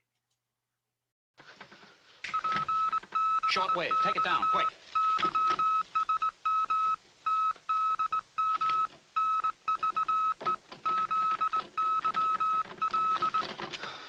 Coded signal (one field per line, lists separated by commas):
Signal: Morse code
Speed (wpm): 20 wpm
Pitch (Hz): 1290 Hz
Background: speech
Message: PBX YSM TDM NVE ZYL